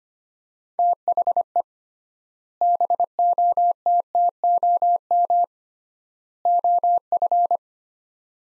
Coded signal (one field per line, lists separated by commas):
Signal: Morse code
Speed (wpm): 25 wpm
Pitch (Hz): 700 Hz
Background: none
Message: THE BOTTOM OF